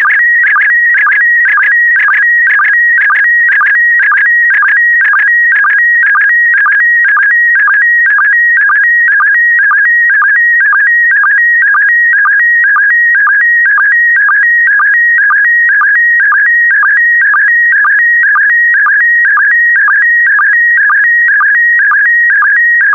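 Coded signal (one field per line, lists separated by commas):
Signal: SSTV (slow-scan television)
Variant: PD120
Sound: warbling tone near 1.9 kHz with rapid rhythmic chirps, about two per second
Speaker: complete. You can now check your decoded image against the picture that is shown on the video.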